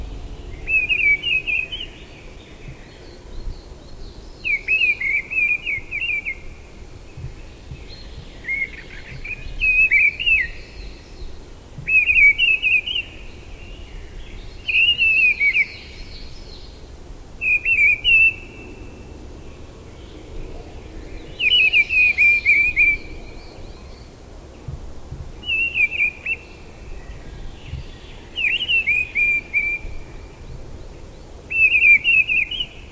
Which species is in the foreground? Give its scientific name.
Turdus viscivorus